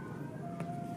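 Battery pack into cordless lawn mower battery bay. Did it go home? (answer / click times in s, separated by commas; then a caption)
no / none. A 48V battery pack is handled at the battery bay of a cordless lawn mower during unboxing; nothing has seated or clicked yet. A steady, fairly loud mix of low rumble and thin sustained tones continues throughout, with a brief broadband swell around 0.6 s.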